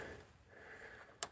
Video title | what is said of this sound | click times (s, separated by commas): Ignition Tune-up: 2000 Ford Mustang, 3.8L V6...amateur car guy | come on Snap there you heard that I think | 1.2 s